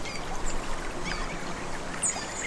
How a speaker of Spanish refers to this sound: Escuchas el río cómo corre, el agua cómo fluye, los animales cómo se acercan. Puedes meter la mano en el río y sentir el agua fresca.